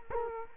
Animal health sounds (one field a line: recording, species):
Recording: mosquito wingbeat signal from an infrared sensor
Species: Culex quinquefasciatus